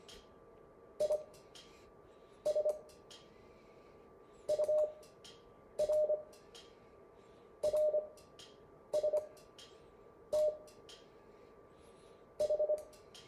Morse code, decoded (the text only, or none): IS URRSTH